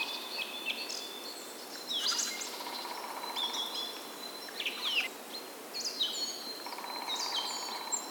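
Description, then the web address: Birds in a busy chorus of sharp descending whistles and chirps, with a low buzzing trill underneath and steady ambient hiss. Spring birds, nature ambience. "VT Homezon Musica da luma Spring Birds Nature Ambiance"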